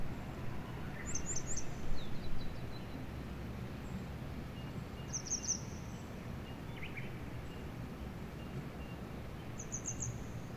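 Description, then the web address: Bird song of brief, very high, thin trilled bursts heard three times, with a few scattered chirps, all above a constant low rumble. "yacho koe"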